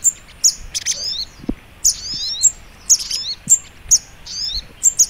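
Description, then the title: Brown-throated sunbird song: bright high notes followed by quick downslurred twitters, several phrases in about five seconds, over a quiet background. Masteran training recording titled Sogok Ontong Labaik. "Masteran Burung Sogok Ontong Labaik"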